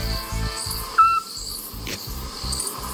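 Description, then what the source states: Eurasian scops owl call: one short, clear whistled note held level in pitch, over a faint, low rhythmic pulsing background. Bird settled about a month in a park tree behind a house; repeats the same unvarying call every three seconds like a metronome, disturbing sleep with windows open.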